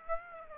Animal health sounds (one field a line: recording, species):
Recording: mosquito wingbeat signal from an infrared sensor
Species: Aedes aegypti